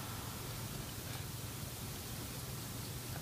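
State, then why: Not seated. A laptop-style SO-DIMM RAM module is lined up with the memory slot of an Apple Mac mini compact desktop computer, tilted to about 30 degrees before being slid in. Only a steady, even hiss with a low hum underneath is heard, with no distinct handling sounds. The module has not clicked or seated yet.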